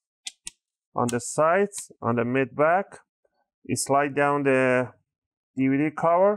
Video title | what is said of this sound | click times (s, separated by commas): How to Repaste and Clean Toshiba Tecra C50 C Ps571u Laptop - Step-by-Step Guide🧹 | and you want to squeeze you want to hear those clicks | 0.3 s, 0.5 s